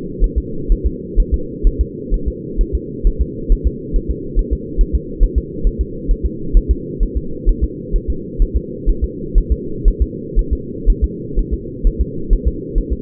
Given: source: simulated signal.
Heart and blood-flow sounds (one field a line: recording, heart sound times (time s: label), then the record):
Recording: fetal heart sounds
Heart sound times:
0.24 s: S1
0.38 s: S2
0.72 s: S1
0.86 s: S2
1.20 s: S1
1.34 s: S2
1.67 s: S1
1.81 s: S2
2.14 s: S1
2.28 s: S2
2.61 s: S1
2.75 s: S2
3.07 s: S1
3.22 s: S2
3.52 s: S1
3.67 s: S2
3.96 s: S1
4.11 s: S2
4.39 s: S1
4.53 s: S2
4.81 s: S1
4.95 s: S2
5.24 s: S1
5.38 s: S2
5.67 s: S1
5.81 s: S2
6.11 s: S1
6.26 s: S2
6.57 s: S1
6.71 s: S2
7.03 s: S1
7.17 s: S2
7.49 s: S1
7.64 s: S2
7.96 s: S1
8.10 s: S2
8.42 s: S1
8.56 s: S2
8.89 s: S1
9.04 s: S2
9.38 s: S1
9.52 s: S2
9.88 s: S1
10.02 s: S2
10.39 s: S1
10.53 s: S2
10.90 s: S1
11.04 s: S2
11.39 s: S1
11.54 s: S2
11.87 s: S1
12.01 s: S2
12.33 s: S1
12.48 s: S2
12.78 s: S1
12.93 s: S2
From the record:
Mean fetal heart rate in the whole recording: 130 bpm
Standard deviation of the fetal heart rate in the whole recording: 4 bpm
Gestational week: 38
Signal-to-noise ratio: -4.3 dB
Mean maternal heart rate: 72 bpm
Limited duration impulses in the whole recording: absent